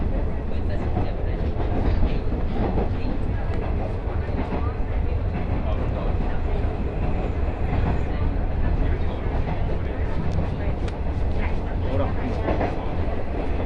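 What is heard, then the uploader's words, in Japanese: A train journey on the Fukuen Line from Fukuyama to Michinoue, with a heavy, steady low rumble that holds evenly throughout. Frequent small clicks and rattles run over the dense roar, and faint voices seem to mingle in the background. 鉄道旅 福塩線 福山→道上。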